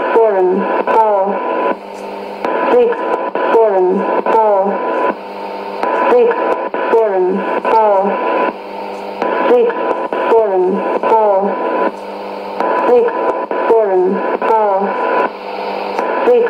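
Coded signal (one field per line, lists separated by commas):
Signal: numbers station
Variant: E17z English Lady, English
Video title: 09 02 2017 Numbers station E17z English Lady in English to Eu 0810 on 9820 in CUSB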